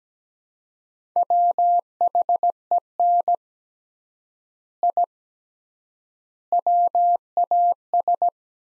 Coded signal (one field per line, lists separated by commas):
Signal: Morse code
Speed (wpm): 17 wpm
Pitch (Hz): 700 Hz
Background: none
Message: WHEN I WAS